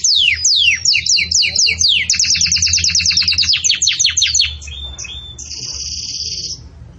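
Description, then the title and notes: Canary song: a rapid series of descending notes, shifting into faster trills, ending in a sustained high buzzy note. Belgian canary song, described as a bell-like song used for teaching young chicks. "Canto Do Canário Belga Campainha Para Encarte De Filhotes. CANARIO"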